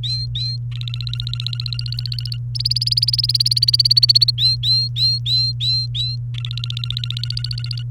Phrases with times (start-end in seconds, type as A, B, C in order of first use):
0.03-0.56 A, 0.71-2.37 B, 2.55-4.31 C, 4.38-6.16 A, 6.34-7.83 B